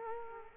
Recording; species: mosquito wingbeat signal from an infrared sensor; Culex quinquefasciatus